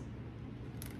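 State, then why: Seated. A plastic nozzle is pushed down onto the two small tabs of a face steamer body and locks into place. A single sharp click is heard at 0.8 s over a low, steady background hum. The nozzle is seated.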